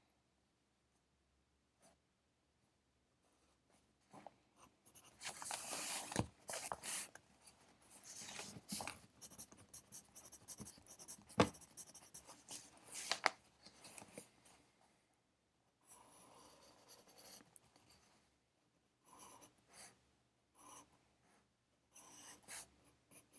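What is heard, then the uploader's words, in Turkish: Pencil scratching on paper while studying, in bursts of quick, dense strokes from about 5 to 14 seconds, with a few sharp taps. After a pause, shorter bouts of writing return near 16, 19 and 22 seconds over a soft, steady hiss. Sessiz odada 60 dakika boyunca kurşun kalem ile ders çalışma; ortam sesleri, beyaz gürültü alt yapısı.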